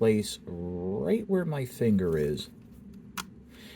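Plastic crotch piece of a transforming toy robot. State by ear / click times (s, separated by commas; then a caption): seated / 3.2 s. Someone talks while swinging the plastic crotch piece of a Transformers Legacy Velocitron Speedia 500 Cosmos transforming toy robot forward into place where a finger is pointing. A single sharp, loud snap is heard at 3.2 s as the piece seats.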